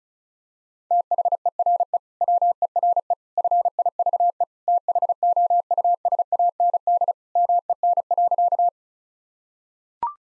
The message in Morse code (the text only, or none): THERE WERE FIVE THOUSAND MEN.